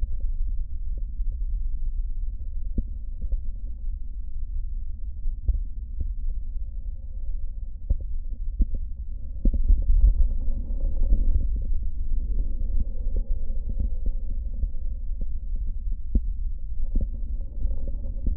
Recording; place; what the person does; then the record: lung sounds by stethoscope; left posterior basal chest; quiet breathing, then deep breathing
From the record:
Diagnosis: COPD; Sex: male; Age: 60 years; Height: 171 cm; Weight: 59.4 kg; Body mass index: 20.3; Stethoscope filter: diaphragm mode